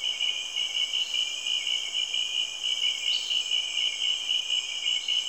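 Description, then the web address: Insects calling in a constant high, pulsing shrill, with a few faint upswept chirps. Recorded in Cameroon, Africa. "BBC Sound Effects Library BBC 30-Africa - Natural World Cameroun, Insects And Frogs"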